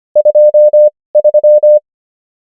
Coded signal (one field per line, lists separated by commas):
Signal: Morse code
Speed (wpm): 25 wpm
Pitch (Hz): 600 Hz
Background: none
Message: 23